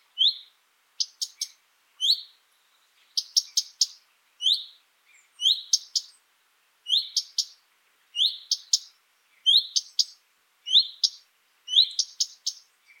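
A common redstart repeats short, bright phrases about every second, each a clear rising note followed by sharp clicks, against near silence.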